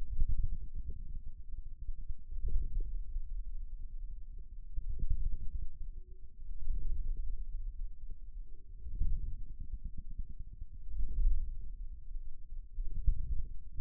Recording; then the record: forearm muscle sounds (acoustic myography)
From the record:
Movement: inward rotation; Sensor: system 2, bracelet of six BSWA MPA416 microphones around the upper forearm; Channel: 3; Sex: male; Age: 22 years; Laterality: right